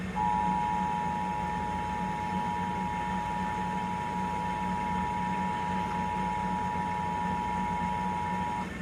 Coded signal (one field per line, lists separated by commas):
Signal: Emergency Alert System (SAME) tones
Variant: 853 and 960 Hz attention tone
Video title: EAS Required Monthly Test: June 20, 2023